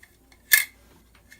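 The ejection port dust cover's long ear is pushed down into place on the metal upper receiver of a G&P gas blowback M16A4 replica rifle. A sharp, bright snap at 0.5 s marks the dust cover seating, with faint small ticks before and after. The dust cover is fitted and locked onto the upper receiver.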